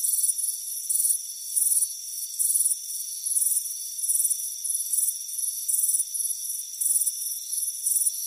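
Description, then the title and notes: Cricket chirping in regular high trilled bursts, backed by a persistent high-pitched hum. Warm afternoon, front porch. "Soothing Crickets Chirping Sound. It's a warm afternoon as you relax in a hammock on the front porch"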